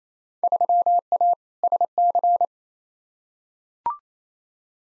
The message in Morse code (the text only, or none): 3A SC